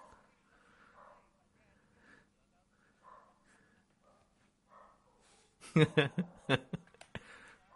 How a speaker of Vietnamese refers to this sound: Đấy bạn, bạn có nghe thấy tiếng chó sủa không bạn này? Đấy, bên ngoài con chó nó sủa đấy.